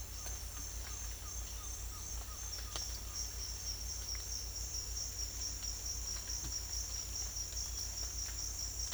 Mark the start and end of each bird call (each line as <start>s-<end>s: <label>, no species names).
0.25s-2.82s: bird call